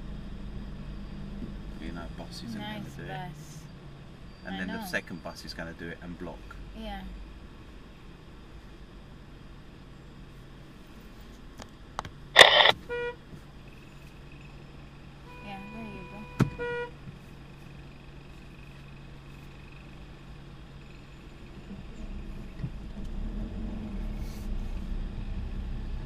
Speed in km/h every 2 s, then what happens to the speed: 0, 0, 0, 0, 0, 0, 0, 0, 0, 0, 0, 6, 10.
0-21 standing. 21-26 pulls away to 10.